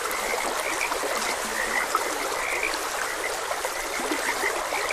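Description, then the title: Frogs croaking in a dense chorus, short bright notes near one pitch overlapping constantly over a steady hiss of flowing water. Frogs croaking beside a gentle stream. "Gentle Stream and Frogs Croaking"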